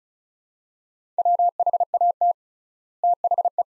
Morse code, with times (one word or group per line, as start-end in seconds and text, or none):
1.2-2.3 WHAT
3.0-3.6 THE